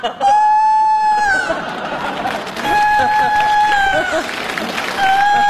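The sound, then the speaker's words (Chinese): A rooster crows three times in a row, each call a long, steady, high-pitched note that drops off at the end, heard over a noisy background of crowd sounds. “这咋还打鸣呢？”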